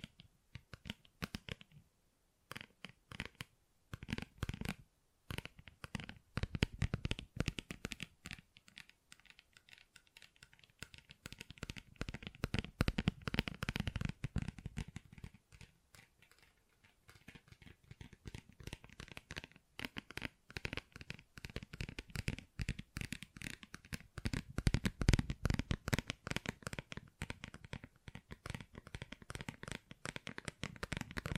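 Tapping and scratching on textured surfaces, made up of dense runs of quick, crisp clicks and rasps that run almost without pause. The pace shifts between brisk flurries and brief lulls around the 3, 10 and 16 second marks, with a soft low thump under some strokes.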